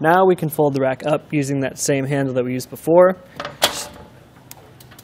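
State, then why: Seated. Someone talks, then the tilt handle is pulled and the RockyMounts GuideRail 2-bike platform hitch rack on a 2021 Mazda CX-5 is folded up toward the vehicle, with a short burst of noise around 3.7 seconds. The rack's pivot latch on the mount engages with a sharp click at 4.5 seconds, followed by a few faint ticks, and the rack is seated in its upright position.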